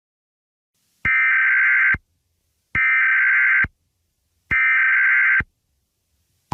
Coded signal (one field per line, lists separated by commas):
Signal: Emergency Alert System (SAME) tones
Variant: header bursts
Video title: EAS Scenario #9: The Masked Man